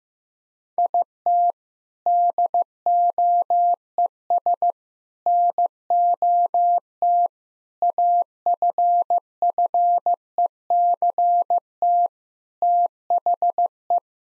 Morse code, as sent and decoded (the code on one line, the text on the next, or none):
.. - / -.. --- . ... / -. --- - / .- ..-. ..-. . -.-. - / - .... .
IT DOES NOT AFFECT THE